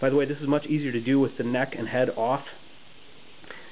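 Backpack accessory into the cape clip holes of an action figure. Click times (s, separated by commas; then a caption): 3.5 s. Someone talks while a plastic backpack accessory is slid down into the cape clip holes on the back of a 1/6 action figure. A short, sharp click at 3.5 s marks the backpack popping into place, and it is seated.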